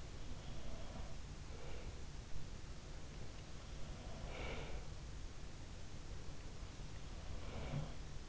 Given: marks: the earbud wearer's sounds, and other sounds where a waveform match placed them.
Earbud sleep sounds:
sounds in sleep by an in-ear microphone; breath
0.18-1.26 s: sound from someone else or the room
1.39-2.10 s: breath
3.85-4.98 s: breath
7.26-8.10 s: sound from someone else or the room

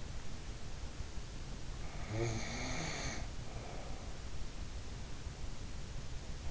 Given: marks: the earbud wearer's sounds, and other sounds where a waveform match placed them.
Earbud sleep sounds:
sounds in sleep by an in-ear microphone; snoring breath
1.95-4.36 s: snoring breath

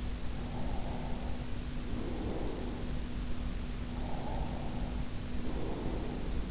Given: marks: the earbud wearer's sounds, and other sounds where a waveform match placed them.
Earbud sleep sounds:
sounds in sleep by an in-ear microphone; breath
0.28-3.00 s: breath
3.89-6.51 s: breath

